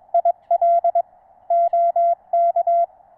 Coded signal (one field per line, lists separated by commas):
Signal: Morse code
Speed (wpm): 22 wpm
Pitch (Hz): 680 Hz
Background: none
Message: IL OK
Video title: NVIS Regional Radio Communications With Low-Slung Wire Antenna.